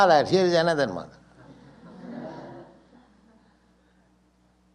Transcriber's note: laughter